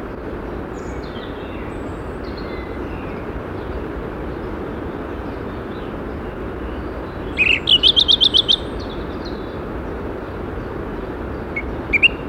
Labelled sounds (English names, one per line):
Song Thrush song